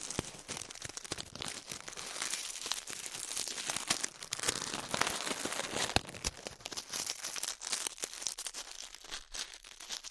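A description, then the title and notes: Glue being peeled off skin, heard as a dense, continuous stream of sticky crackling and crinkling. Sharp clicks and snaps cut through the texture throughout, with a few louder pops near two, five and six seconds. The sound stays bright and fairly even. ASMR Peeling Glue Off Your Ears (No Talking).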